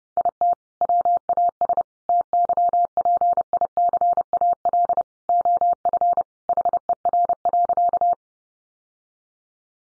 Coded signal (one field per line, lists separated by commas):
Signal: Morse code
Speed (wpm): 29 wpm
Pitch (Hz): 700 Hz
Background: none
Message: IT WAS TYPICAL OF HER.